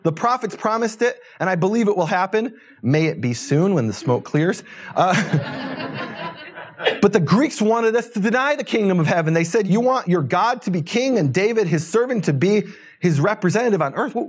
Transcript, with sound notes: The prophets promised it, and I believe it will happen - may it be soon, when the smoke clears. [laughter] But the Greeks wanted us to deny the Kingdom of Heaven. They said, “You want your God to be king, and David, His servant, to be His representative on earth?